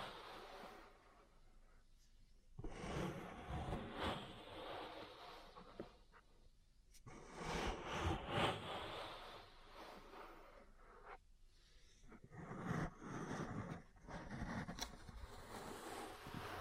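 Ear cleaning and massage sounds fill the clip, loud rubbing and scratching bursts that swell and fade in irregular waves, with brief quiet gaps near 2, 7 and 11 seconds. Sharp taps and crackles punctuate the denser stretches, especially around 8 and 15 seconds.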